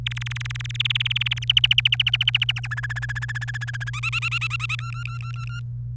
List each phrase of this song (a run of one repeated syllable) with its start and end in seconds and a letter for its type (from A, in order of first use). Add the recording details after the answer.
0.06-1.39 A, 1.42-2.67 B, 2.71-3.90 C, 3.93-4.76 D, 4.79-5.60 E. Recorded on 29 April 2018 at 05:53. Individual llb3